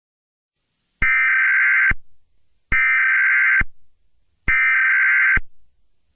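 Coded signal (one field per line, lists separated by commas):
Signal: Emergency Alert System (SAME) tones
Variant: header bursts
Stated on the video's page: Fictional EAS scenario, not a real alert.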